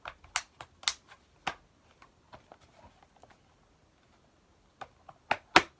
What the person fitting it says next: Okay, now it's snapped back in place.